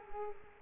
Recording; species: mosquito wingbeat signal from an infrared sensor; Culex quinquefasciatus